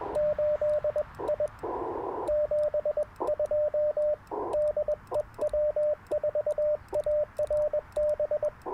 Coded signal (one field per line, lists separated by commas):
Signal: Morse code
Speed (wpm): 19 wpm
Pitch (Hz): 590 Hz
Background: radio noise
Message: 8I 72 DE W4ARB